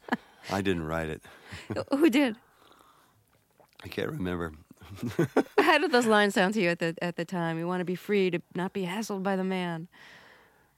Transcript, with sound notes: I didn't write it.
Who did?
I can't remember (laughter).
How did those lines sound to you at the time? You want to be free to not be hassled by the man.